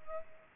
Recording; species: mosquito wingbeat signal from an infrared sensor; Culex pipiens